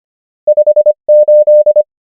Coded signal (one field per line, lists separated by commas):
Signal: Morse code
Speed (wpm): 25 wpm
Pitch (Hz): 600 Hz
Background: none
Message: 5 8